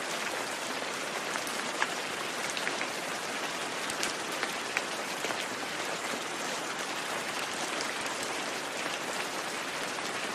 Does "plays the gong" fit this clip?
no